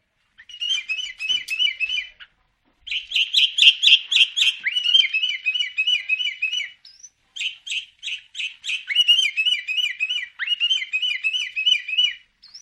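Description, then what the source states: Sooty-headed bulbul song: fast, bubbly chattering run of wavering whistled notes, about four a second, broken by brief gaps. Described as gacor: singing actively and persistently.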